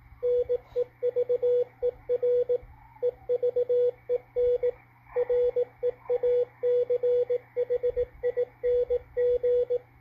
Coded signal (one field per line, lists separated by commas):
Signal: Morse code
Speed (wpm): 17 wpm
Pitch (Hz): 490 Hz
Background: radio noise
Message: NEVER EVEN REACHING